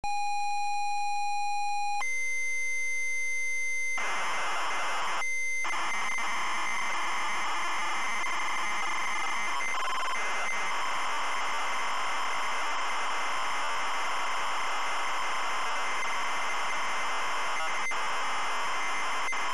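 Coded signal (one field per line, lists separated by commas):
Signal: ZX Spectrum tape loading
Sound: steady buzzy lead tone, a brief tone change, then harsh continuous screeching data noise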